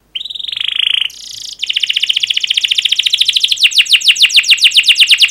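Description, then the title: Canary song: a steady buzzy note, a brief harsh burst, then a long rapid series of sharp chirps repeated several times a second, growing louder. Canary song, fast and dense chirping, used as a lure to prompt young canaries to learn to sing. "Kenari Gacor Speed RAPAT Cuit Cuit Ngero L Suara Bagus Untuk Pancingan Kenari Paud Belajar Bunyi"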